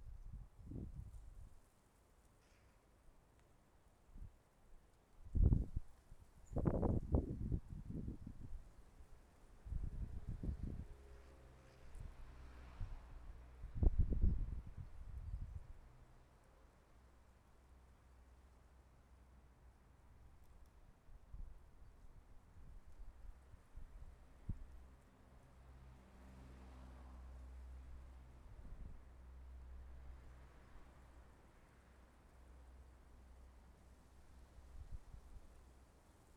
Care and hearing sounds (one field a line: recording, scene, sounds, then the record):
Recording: everyday scene through a hearing-aid microphone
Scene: wind on the microphone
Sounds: wind, traffic, birds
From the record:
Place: suburban garden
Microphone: behind the ear, left, rear